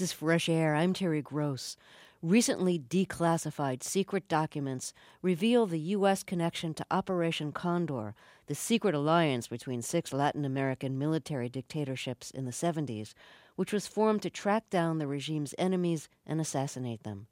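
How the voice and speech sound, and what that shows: An adult radio host speaks fluently at an even, mid-pitched pace with clear, steady voicing: ordinary broadcast narration introducing a program segment.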